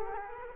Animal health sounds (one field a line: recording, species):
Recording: mosquito wingbeat signal from an infrared sensor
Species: Culex quinquefasciatus